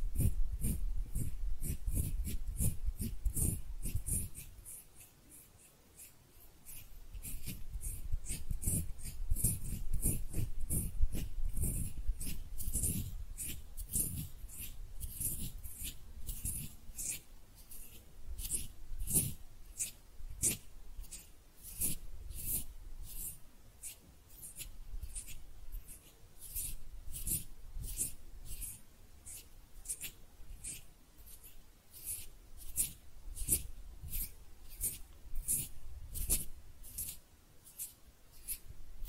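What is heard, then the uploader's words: Hand sounds made up of dense, regular scratching or rubbing strokes, each a short crisp swipe repeating a few times per second throughout. The strokes are heavier and fuller for the first fifteen seconds, with a brief lull around five seconds, then lighter and brighter afterward. ASMR Relaxing Hand Sounds (No Talking).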